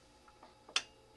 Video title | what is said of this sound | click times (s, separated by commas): 357 ELITE CHALLENGER PART 1 | push it till it clicks then you start turning it and then it screws in | 0.8 s